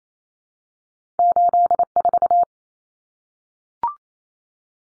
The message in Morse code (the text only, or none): 84